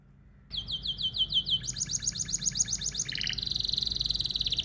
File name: طائر الكناري (اشهر طيور بصوت عذب)